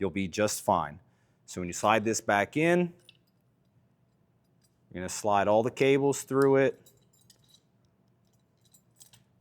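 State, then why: Not seated. Someone talks while the cables are slid through a Lowrance Ghost X indicator assembly, which is lined up to be pushed back into the head housing of a Ghost trolling motor. Light jangling and clinking handling sounds follow near the end. Nothing has seated or locked yet.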